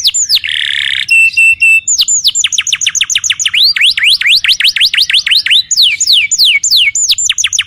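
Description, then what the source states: Canary singing a varied run: a buzzy burst and a clear held note, then quick chains of downward-sweeping whistles and fast chattering trills. Long-duration lure and tutor recording for young canaries.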